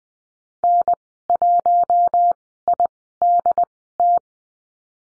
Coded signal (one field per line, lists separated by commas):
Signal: Morse code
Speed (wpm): 20 wpm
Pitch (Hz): 700 Hz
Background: none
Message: N1IDT